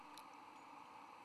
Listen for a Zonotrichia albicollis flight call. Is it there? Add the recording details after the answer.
no. No flight call is heard. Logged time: 01:56 on 17 November 2014